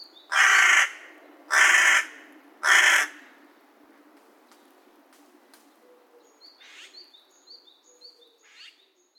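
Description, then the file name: Carrion crow gives three loud, harsh caws about a second apart, followed by fainter sounds. Recorded in Saitama, Japan, on 18 May 2022 at 15:28. "hashibosogarasu 220518 1528 saitama"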